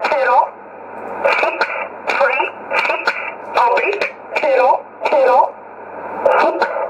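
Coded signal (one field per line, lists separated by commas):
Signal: numbers station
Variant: E11, English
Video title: 14 09 2018 E11 Oblique Numbers station in English to Eu 0717 on 9963 unknown tx site in USB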